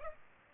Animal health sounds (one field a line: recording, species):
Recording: mosquito wingbeat signal from an infrared sensor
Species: Culex pipiens